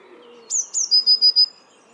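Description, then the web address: Eurasian blue tit giving two high, thin falling notes followed by a few even, clear lower notes in quick succession. "cianscape. Deverinetal"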